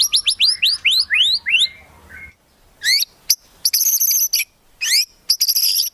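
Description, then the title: White-rumped shama song: quick cascade of rising whistled notes, a short silence, then sharp upswept whistles and high buzzy trills. Lure sound used for trapping. "Pikat Murai Batu"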